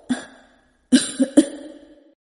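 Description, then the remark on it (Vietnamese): An old woman coughs about four times: one hoarse cough, a short pause, then three quick, rasping coughs in a row, each trailing off into a throaty rumble. No talking. “Ba dừng lại, ho mấy tiếng, rồi mới nói tiếp.”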